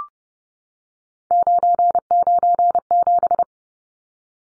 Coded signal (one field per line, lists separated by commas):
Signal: Morse code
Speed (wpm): 30 wpm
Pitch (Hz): 700 Hz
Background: none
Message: 997